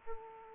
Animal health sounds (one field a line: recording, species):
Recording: mosquito wingbeat signal from an infrared sensor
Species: Aedes aegypti